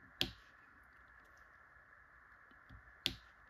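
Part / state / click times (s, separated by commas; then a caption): resin drill into diamond painting canvas / seated / 0.2 s, 3.1 s. Resin diamond drills are pressed with a pen into the glued canvas of a diamond painting. Two sharp, bright clicks are heard at 0.2 s and 3.1 s over a faint steady hum, with a softer tap near 2.7 s, as the drills seat into place.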